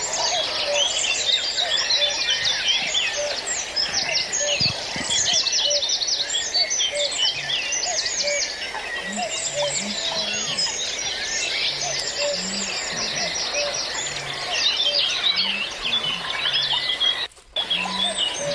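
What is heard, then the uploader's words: A dawn chorus of many birds singing at once, dense overlapping chirps, trills and whistles filling the upper range without pause. Soft low calls, possibly doves, recur through the middle, and the sound drops out briefly near seventeen seconds. The Dawn Chorus. De Chouer vum fréie Mueren. Eng ganz Stonn Villerchers Gesank live presentéiert an iwwerdroen vum iresche Radio RTE.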